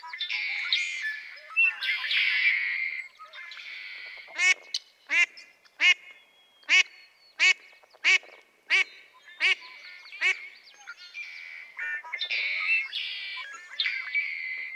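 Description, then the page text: Mallard giving a run of about nine evenly spaced harsh quacks in the middle, framed by busy chattering and twittering songbirds before and after. Female quacking persistently for minutes on end; March 18, 2017, Harmony Headlands State Park, Cayucos, California. "Birdsong for the Curious Naturalist. Mallard"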